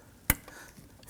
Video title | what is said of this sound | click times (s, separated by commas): How to Replace Mirrors 2003-2014 Volvo XC90 | Feel it and hear it snap into place. | 0.3 s